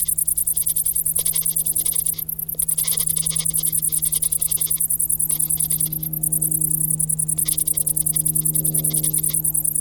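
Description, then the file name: Cricket chirping, fast high pulses in long trains with short pauses, over a constant low hum. "Grillen"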